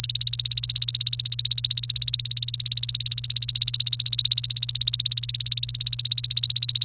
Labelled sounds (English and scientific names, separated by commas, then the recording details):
Domestic Canary (Serinus canaria) song
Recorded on 1 May 2018 at 08:36
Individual llb3